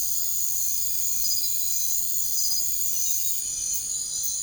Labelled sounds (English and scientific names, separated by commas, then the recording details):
none
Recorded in secondary vegetation near Puerto Asís, Putumayo, Colombia, on 21 March 2025 at 02:00
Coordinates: 0.489, -76.322
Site G042